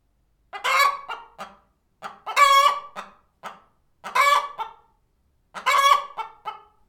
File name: Clucking Chicken